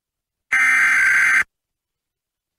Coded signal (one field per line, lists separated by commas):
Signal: Emergency Alert System (SAME) tones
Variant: header bursts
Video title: EAS Earthquake Warning/Tsunami Warning (Caribe Wave '22) US Virgin Islands NOAA Weather Radio/IPAWS